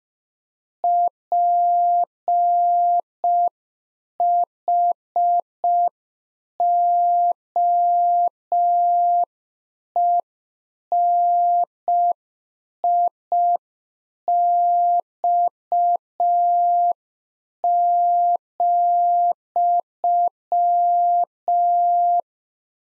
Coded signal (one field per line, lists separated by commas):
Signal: Morse code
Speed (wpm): 5 wpm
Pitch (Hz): 700 Hz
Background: none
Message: PHOENIX,